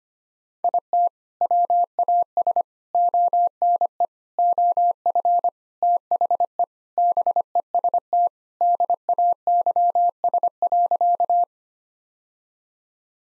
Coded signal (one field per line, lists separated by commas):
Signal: Morse code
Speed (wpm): 25 wpm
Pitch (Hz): 700 Hz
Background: none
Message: IT WAS ONE OF THE BEST DAYS.